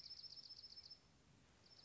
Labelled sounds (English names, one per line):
Dark-eyed Junco